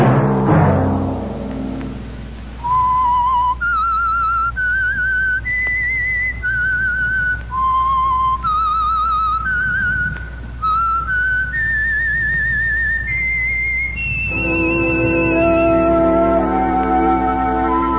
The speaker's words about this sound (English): That whistle be your signal for the Signal Oil program, The Whistler, each Sunday night at this same time.